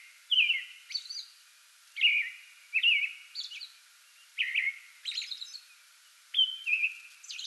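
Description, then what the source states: American robin singing a series of short whistled phrases with brief pauses between them, over a quiet background. Singing pre-dawn from a small tree in a front yard, 2022-05-08.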